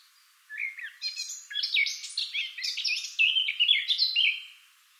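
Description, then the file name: Eurasian blackcap singing a single sustained phrase of rapid, varied warbling notes. "Sylvia atricapilla"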